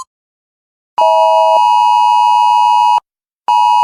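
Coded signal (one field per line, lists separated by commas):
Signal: Emergency Alert System (SAME) tones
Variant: 853 and 960 Hz attention tone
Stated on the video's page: Fictional apocalypse EAS scenario with valid EAS tones.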